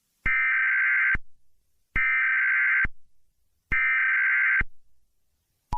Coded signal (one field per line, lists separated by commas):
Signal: Emergency Alert System (SAME) tones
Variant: header bursts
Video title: EAS Scenario #20 | Train Derail